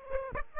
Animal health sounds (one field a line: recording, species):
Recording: mosquito wingbeat signal from an infrared sensor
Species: Aedes aegypti